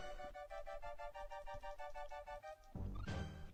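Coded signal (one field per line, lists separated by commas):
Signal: none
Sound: game console beeps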